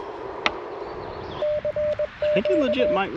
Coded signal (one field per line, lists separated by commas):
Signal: Morse code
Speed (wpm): 21 wpm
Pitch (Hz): 600 Hz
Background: speech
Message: E CQ